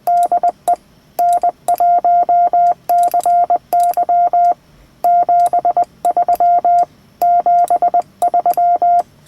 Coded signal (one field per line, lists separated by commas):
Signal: Morse code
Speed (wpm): 20 wpm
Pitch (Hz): 700 Hz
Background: none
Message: DE N1CY 73 73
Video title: Ham Radio Linked Repeaters & Full Duplex Handhelds